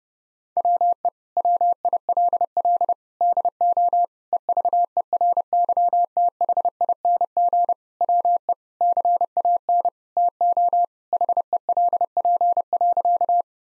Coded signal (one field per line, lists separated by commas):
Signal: Morse code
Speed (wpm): 32 wpm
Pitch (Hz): 700 Hz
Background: none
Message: WE WILL DO EVERYTHING WE CAN TO HELP.